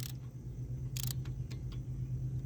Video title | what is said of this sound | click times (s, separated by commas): XR 70 TB 88CC Big Bore Kit Install | there's a click | 1.0 s, 1.1 s